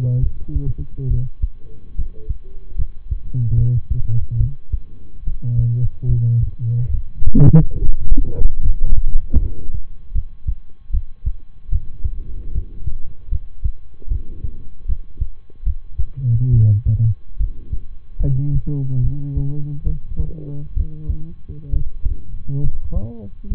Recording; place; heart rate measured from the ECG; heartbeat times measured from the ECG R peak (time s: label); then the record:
heart sounds by stethoscope; between the tricuspid and mitral areas; 72 bpm
0.19 s: heartbeat
1.07 s: heartbeat
1.94 s: heartbeat
2.75 s: heartbeat
3.54 s: heartbeat
4.37 s: heartbeat
5.23 s: heartbeat
6.06 s: heartbeat
6.90 s: heartbeat
7.78 s: heartbeat
8.61 s: heartbeat
9.38 s: heartbeat
10.11 s: heartbeat
10.90 s: heartbeat
11.69 s: heartbeat
12.51 s: heartbeat
13.28 s: heartbeat
14.07 s: heartbeat
14.85 s: heartbeat
15.63 s: heartbeat
16.50 s: heartbeat
17.37 s: heartbeat
18.19 s: heartbeat
19.00 s: heartbeat
19.83 s: heartbeat
20.73 s: heartbeat
21.69 s: heartbeat
22.60 s: heartbeat
23.47 s: heartbeat
From the record:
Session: rest, lying down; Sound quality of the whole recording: good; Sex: male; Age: 23 years